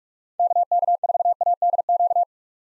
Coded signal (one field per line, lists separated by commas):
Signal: Morse code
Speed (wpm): 43 wpm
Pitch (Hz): 700 Hz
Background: none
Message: KK4ADQ